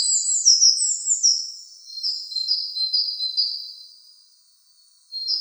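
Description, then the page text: Tit twittering: quick, high, descending chirps chatter in bursts, fading out into a silent gap before a new burst begins. "Звуки синицы"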